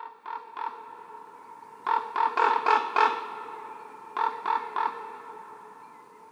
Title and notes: Kyjov, Kyjov u Krásné Lípy, Krásná Lípa, okres Děčín, Ústí nad Labem Region, Northwest, 407 47, Czechia - Krkavec marné volání. hlas krkavce a kavek pro expozici Spalená krajina v Nové Perle